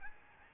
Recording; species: mosquito wingbeat signal from an infrared sensor; Aedes albopictus